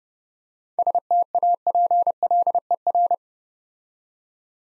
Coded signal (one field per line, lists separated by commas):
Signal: Morse code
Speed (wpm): 30 wpm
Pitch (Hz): 700 Hz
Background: none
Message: STAPLER